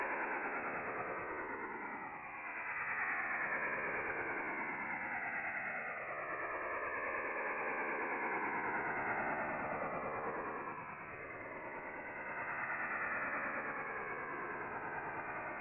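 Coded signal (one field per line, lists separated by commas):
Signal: HF data modem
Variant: STANAG 4285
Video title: French Navy STANAG 4285 Signal Decoding 8646 KHz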